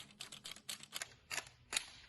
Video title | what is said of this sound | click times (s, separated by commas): GopherHawk - Replacing Straps | and compress spring until it clicks | 0.7 s